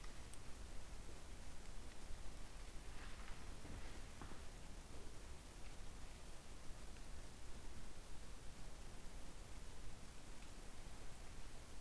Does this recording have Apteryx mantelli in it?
no